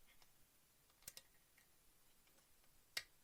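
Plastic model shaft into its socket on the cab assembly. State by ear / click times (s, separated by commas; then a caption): seated / 3.0 s. A small plastic shaft on a cab part of a Hobby Boss M1070 & M1000 Oshkosh HETS scale model truck is held with tweezers, lined up and pressed into its socket. Two faint ticks sound at about 1.1 and 1.2 s, then a sharp, bright click at 3.0 s as the shaft snaps in and is seated.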